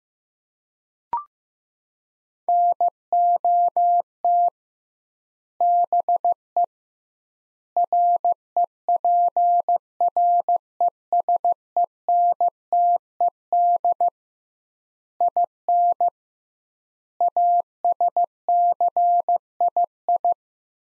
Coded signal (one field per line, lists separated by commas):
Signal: Morse code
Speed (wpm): 15 wpm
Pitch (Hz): 700 Hz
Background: none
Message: NOT BE REPRESENTED IN ASCII